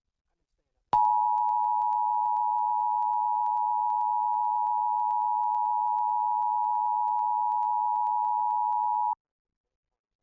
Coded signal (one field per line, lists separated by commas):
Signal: Emergency Alert System (SAME) tones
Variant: 853 and 960 Hz attention tone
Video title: Various Emergency Alert System (EAS) Tests - Month of 10/2021